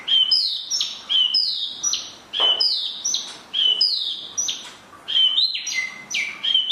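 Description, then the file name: Chinese hwamei song, a rich run of loud whistled notes, each dropping in pitch, repeated in quick succession with brief gaps. "hwamei mini"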